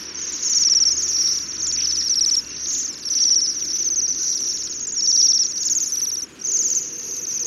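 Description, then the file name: Bohemian waxwing calls: sibilant high trills overlapping in a steady stream, broken by short gaps around two and a half, three and six and a half seconds. "Jaseur boreal"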